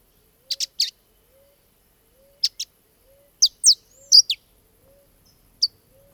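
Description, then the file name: Saffron finch song: bursts of sharp high chirps in twos and threes with pauses between, over a faint low rising note repeated about every second. "canario da terra"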